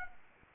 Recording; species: mosquito wingbeat signal from an infrared sensor; Anopheles arabiensis